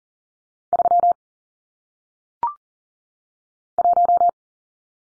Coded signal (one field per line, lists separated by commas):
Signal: Morse code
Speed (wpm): 40 wpm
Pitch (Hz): 700 Hz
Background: none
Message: 3 1